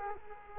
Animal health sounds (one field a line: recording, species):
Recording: mosquito wingbeat signal from an infrared sensor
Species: Culex quinquefasciatus